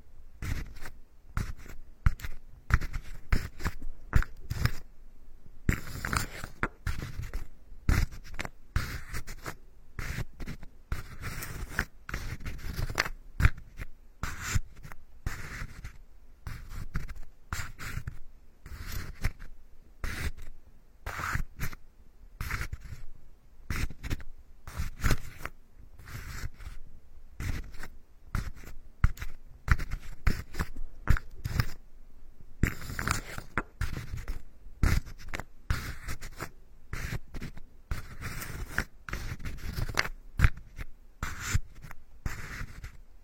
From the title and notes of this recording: Come to the carpenter's workshop, all kinds of wood massage the scalp layer by layer for ultimate relaxation.